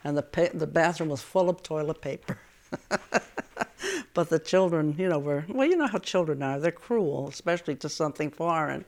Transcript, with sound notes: And the bathroom was full of toilet paper. (she laughs) But the children, you know, were, well, you know how children are. They're cruel, especially to something foreign.